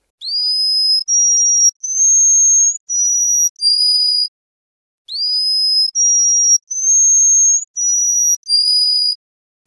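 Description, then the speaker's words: Canary song phrase made of five long, high, steady whistles at slightly different pitches, the whole phrase given twice with a pause between. Russian canary; opening song tour 'zapevka' of five high whistles ('threads'), partly like swift whistles, repeated twice. "Первое колено называется «Запевка». Оно состоит из нескольких высоких свистов, отчасти напоминающих стрижиные посвисты."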